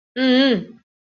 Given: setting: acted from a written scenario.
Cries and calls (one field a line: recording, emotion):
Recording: vocal sound without words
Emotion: realization